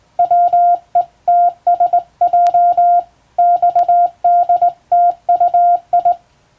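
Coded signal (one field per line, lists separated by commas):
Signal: Morse code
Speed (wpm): 19 wpm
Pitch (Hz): 700 Hz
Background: none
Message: WETSJ XDTUI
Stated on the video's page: Morse sending practice on a hand key by a first-class radiotelegraph operator, using a standard telegram-sending practice book.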